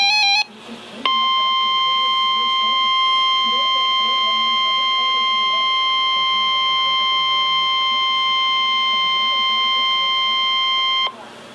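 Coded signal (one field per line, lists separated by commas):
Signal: Emergency Alert System (SAME) tones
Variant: 1050 Hz attention tone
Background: speech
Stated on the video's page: Required weekly test from a NOAA weather radio transmitter in Milwaukee, Wisconsin.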